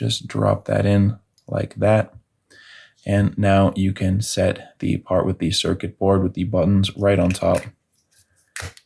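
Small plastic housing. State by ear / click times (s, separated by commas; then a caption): seated / 8.6 s, 8.8 s. Someone talks while the plastic half of a 2002–2003 Audi S6 key fob, holding the circuit board and buttons, is set on top of the battery side of the fob housing during a battery swap. It is pressed down and seats with sharp clicks at 8.6 s and 8.8 s.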